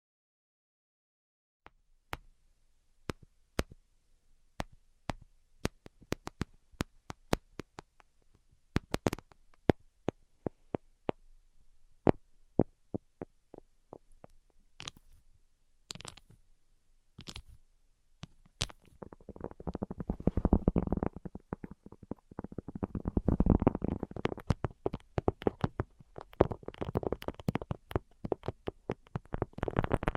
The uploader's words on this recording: ASMR 10 Levels of Tapping Tingle Immunity Treatment (No Talking).